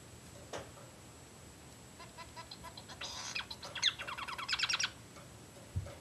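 Society finch giving buzzy, rattling chatter that builds into a fast burst of harsh notes, over a low background hiss.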